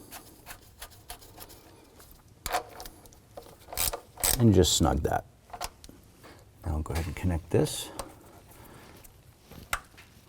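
While replacing the intake manifold on a 2007-2014 Cadillac Escalade, someone snugs the 10 mm nut on a wire harness bracket and then pulls a wiring harness connector onto an engine component. Someone talks throughout, over scattered mechanical clicks and rubbing handling noises, with a sharp knock at 2.5 s. A single strong click at 9.7 s confirms the electrical connector is seated.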